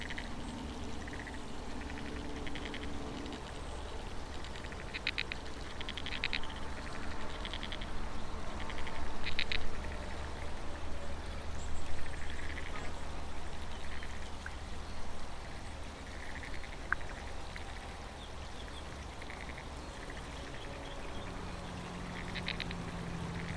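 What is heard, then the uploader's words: Aquatic insects chirp in short repeated bursts over a steady low rumble and constant hiss, with faint wavering hums drifting underneath throughout. Aquatic insects sing in the wetland by the Princes Motorway, reeds rub together..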